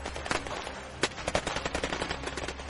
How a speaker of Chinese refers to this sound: 当铁链的主人进入所有人视野的那一瞬间，作战人员忽然在头盔里通过无线通讯设备大吼： 发现逃逸血体，请求支援，开火！ 枪声轰鸣如雷霆。